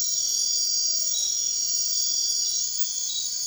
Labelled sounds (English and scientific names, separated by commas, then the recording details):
none
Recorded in dense forest near Puerto Asís, Putumayo, Colombia, on 21 March 2025 at 01:00
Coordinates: 0.499, -76.324
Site GP03